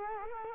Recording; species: mosquito wingbeat signal from an infrared sensor; Culex quinquefasciatus